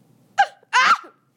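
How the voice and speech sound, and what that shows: Two abrupt, loud vocal bursts from a young boy, about a third of a second apart: a brief sharp yelp followed by a longer, breathy, gasp-like noise, with no words. These sudden involuntary sounds are vocal tics of Tourette syndrome.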